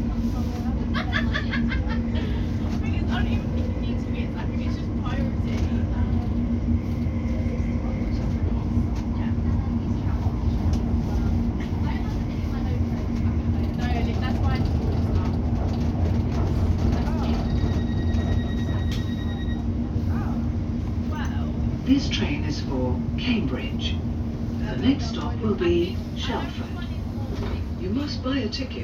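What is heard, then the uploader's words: Commuting by bus, train and tube: a steady low vehicle rumble with a constant hum runs throughout at an even level. Voices chatter on and off over it, with occasional clicks and rattles, and a brief tonal beep or whine near the eighteen-second mark. For the last two years I have been commuting from Cambridge to London, using bus, train and tube. All sounds recorded in SmartMobiTools Audio Recorder on a Samsung Galaxy A41.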